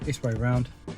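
A wiring plug is being lined up to push back onto the switch or outlet module in the centre console of an Alfa Romeo Giulietta, where it only fits one way around. Someone talks over faint background music. Nothing has seated or clicked yet.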